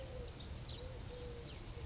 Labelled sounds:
Eurasian Collared Dove (Streptopelia decaocto)
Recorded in Sonoma County, California

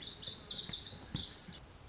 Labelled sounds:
Lazuli Bunting (Passerina amoena)
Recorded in Sonoma County, California

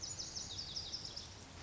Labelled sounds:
Lazuli Bunting (Passerina amoena)
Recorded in Sonoma County, California

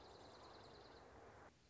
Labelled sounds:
Dark-eyed Junco (Junco hyemalis)
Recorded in Sonoma County, California

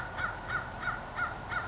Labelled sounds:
American Crow (Corvus brachyrhynchos)
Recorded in Sonoma County, California

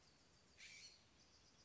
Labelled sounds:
California Scrub-Jay (Aphelocoma californica)
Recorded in Sonoma County, California

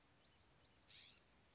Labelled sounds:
California Scrub-Jay (Aphelocoma californica)
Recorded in Sonoma County, California

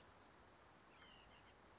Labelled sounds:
White-breasted Nuthatch (Sitta carolinensis)
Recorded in Sonoma County, California

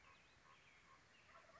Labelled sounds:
Common Raven (Corvus corax)
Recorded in Sonoma County, California

